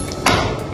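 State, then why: Seated. After the samples are loaded, the hinged lid of a lab thermal cycler is pushed closed onto its sample block until it latches. A sharp click sounds at 0.3 s over a steady background hum, and the lid is latched shut.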